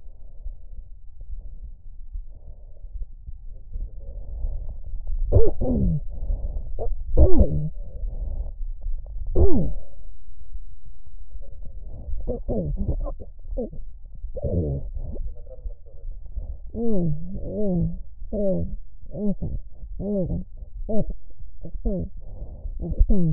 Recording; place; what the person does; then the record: lung sounds by stethoscope; right anterior apical chest; quiet breathing, then cough and speech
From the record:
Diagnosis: interstitial lung disease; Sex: female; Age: 72 years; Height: 153 cm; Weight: 71 kg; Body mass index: 30.3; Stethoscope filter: extended mode